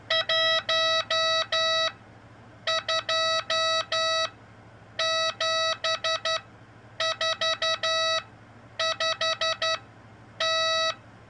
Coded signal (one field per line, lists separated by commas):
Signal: Morse code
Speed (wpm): 11 wpm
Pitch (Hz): 650 Hz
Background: none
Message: 1 2 7 4 5 T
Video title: R1CBU Newest Firmware is Superior for CW Decode!